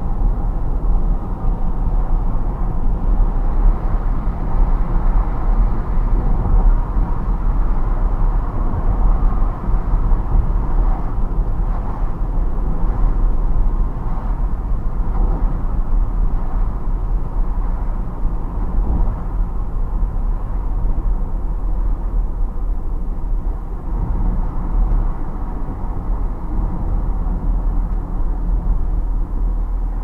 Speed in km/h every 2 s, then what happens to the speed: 70, 72, 70, 70, 70, 70, 70, 70, 66, 64, 59, 51, 46, 42, 42.
0-14 steady at about 70. 14-26 slows to 42.